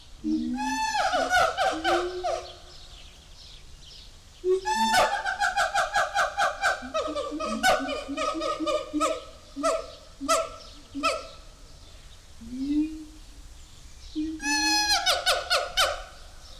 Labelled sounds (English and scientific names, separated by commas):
Siamang (Symphalangus syndactylus)